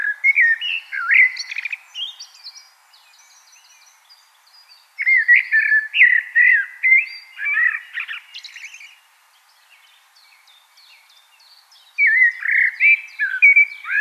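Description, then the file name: Common blackbird song: three fluty, warbling phrases with pauses between, the first two low and mellow at first, then breaking into thin, high, squeaky twitters. "Turdus merula"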